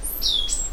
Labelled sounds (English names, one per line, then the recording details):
Stitchbird song
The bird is a male
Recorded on Tiritiri Matangi Island, New Zealand, in 2005
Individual 10, of nest box 12